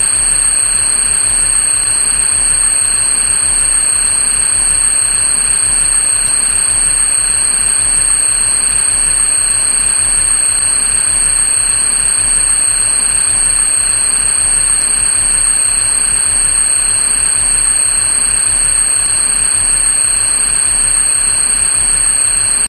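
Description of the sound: A steady, piercing high-pitched screeching whistle with fainter shrill tones above and below it holds unchanged over a constant hiss for the whole clip. It is a simulated tinnitus screeching tone, representing the phantom ringing in the ears that tinnitus can cause.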